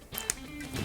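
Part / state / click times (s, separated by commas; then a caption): temperature probe plug into controller wiring connector / seated / 0.3 s. A keyed temperature probe plug, which only fits one way, is pushed into the controller wiring harness during a Pit Boss WiFi Smoke IT controller install. A faint tick at 0.2 s is followed by a sharp click at 0.3 s as the connector seats, over a steady low background hum.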